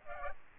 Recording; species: mosquito wingbeat signal from an infrared sensor; Aedes aegypti